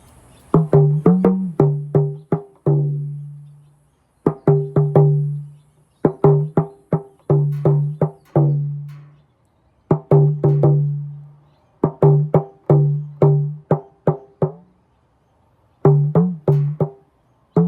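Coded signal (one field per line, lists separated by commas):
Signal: talking drum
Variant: Yoruba dùndún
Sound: phrases of quick pitched drum strokes, each ending in a long ringing note that bends down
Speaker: So, I said, "Ati dulu bo omi konga iyanu ni atibere bo omi konga iyanu ni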